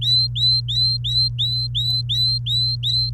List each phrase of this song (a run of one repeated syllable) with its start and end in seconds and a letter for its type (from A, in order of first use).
0.00-3.09 A